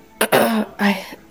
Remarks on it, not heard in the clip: Had a tickle in my throat, and it wouldn't stop it was just cough, cough, cough, cough, cough. I couldn't catch my breath.